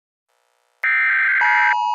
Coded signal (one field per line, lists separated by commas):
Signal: Emergency Alert System (SAME) tones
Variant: header bursts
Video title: EAS scenario: alligator attacks